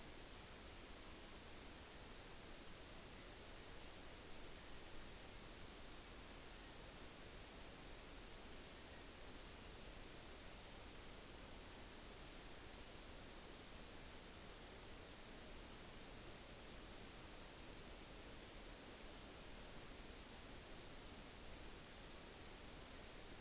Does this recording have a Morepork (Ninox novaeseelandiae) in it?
no